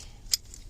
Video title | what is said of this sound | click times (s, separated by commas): 4 MAX OR COLOSSUS HOW DO THEY COMPARE?? COLD STEEL QUICK COMPARISON VIDEO | so when you do that you just take your thumb stud push up it's locked into place | 0.3 s